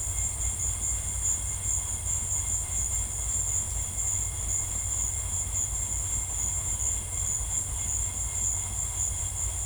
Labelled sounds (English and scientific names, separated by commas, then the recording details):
none
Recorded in secondary vegetation near Puerto Asís, Putumayo, Colombia, on 16 December 2024 at 14:00
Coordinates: 0.481, -76.318
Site G042